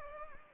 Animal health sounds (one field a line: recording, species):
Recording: mosquito wingbeat signal from an infrared sensor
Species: Anopheles gambiae